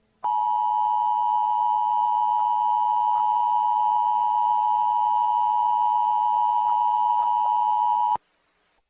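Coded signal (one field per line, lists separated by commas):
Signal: Emergency Alert System (SAME) tones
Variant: 853 and 960 Hz attention tone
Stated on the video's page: Fictional EAS scenario with simulated SAME alert tones; may include disturbing sounds.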